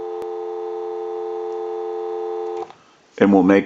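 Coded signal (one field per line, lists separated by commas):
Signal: telephone call progress tone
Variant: North America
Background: speech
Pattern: dial tone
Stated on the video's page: Tone from a Western Electric three-slot payphone during checkout and repair.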